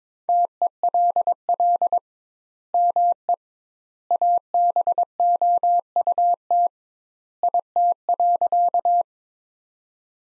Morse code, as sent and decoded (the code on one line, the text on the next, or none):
- . .-.. .-.. / -- . / .- -... --- ..- - / .. - .-.-.-
TELL ME ABOUT IT.